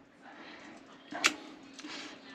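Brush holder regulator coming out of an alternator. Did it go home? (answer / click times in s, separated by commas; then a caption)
released / 1.3 s. The old brush holder and regulator is carefully lifted off the housing of a Yanmar Valeo 120 alternator, and its spring-loaded carbon brushes come free with a single sharp click at 1.3 s. Quiet handling noise and a faint steady hum surround it. The brushes are released as the regulator comes out.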